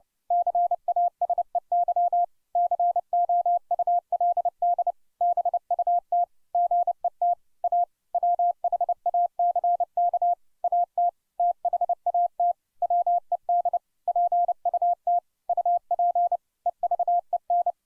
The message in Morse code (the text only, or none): CASEY COULD BUT GET A WHACK AT THAT WED PUT UP EVEN